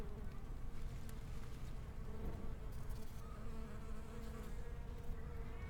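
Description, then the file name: Bee buzz, a steady hum over a continuous low background rumble. Bees in a garden. "Garden Ambience With Bees"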